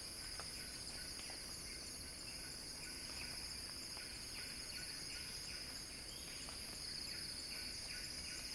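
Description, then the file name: Cicada song: a steady high hiss with rapid pulsing notes below it. Cicada song building as a crescendo. "earth-fm Axel-Drioli Cicada-Crescendo-Sounding-Wild"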